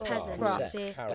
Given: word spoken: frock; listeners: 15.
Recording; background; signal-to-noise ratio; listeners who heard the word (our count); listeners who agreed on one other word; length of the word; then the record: one English word in noise, from a listening test; four-talker babble; 0.9 dB; 1 of 15; 10 of 15; 0.75 s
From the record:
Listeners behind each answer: 10, 2, 1, 1, 1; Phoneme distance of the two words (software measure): 47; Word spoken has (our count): 1 syllable, 4 phonemes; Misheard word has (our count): 2 syllables, 5 phonemes, stress on syllable 1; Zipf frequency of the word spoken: 3.31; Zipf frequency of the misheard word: 3.43